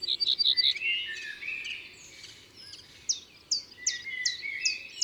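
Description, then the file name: Common chiffchaff song, high falling notes in the last seconds, after lower warbling phrases from another bird, over a low hum. Recorded in the Drôme, France, for the album Concerts naturels de la Drôme by Studio les Trois Becs. "Pouillot veloce Concerts Naturels de la Drome Studio les Trois Becs"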